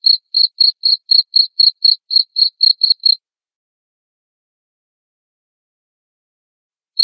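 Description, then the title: Cricket chirps in a quick run of about a dozen high pulses, then silence for several seconds before one more chirp. Loud cricket chirping (ngerik) played to make lovebirds sing continuously (ngekek). "Suara JANGKRIK NGERIK Keras Bikin LOVEBIRD Jadi NGEKEK Terus Vubey"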